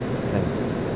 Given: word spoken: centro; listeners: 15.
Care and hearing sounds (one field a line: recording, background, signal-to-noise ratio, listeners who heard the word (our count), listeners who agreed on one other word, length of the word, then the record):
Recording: one Spanish word in noise, from a listening test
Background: speech-shaped noise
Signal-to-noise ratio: -4.5 dB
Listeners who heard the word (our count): 2 of 15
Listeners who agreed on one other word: 6 of 15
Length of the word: 0.56 s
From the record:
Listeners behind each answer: 6, 3, 2, 1, 1, 1, 1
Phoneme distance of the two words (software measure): 31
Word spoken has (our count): 2 syllables, 6 phonemes, stress on syllable 1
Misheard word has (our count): 2 syllables, 5 phonemes, stress on syllable 1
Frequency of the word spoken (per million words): 297.95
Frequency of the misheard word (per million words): 173.67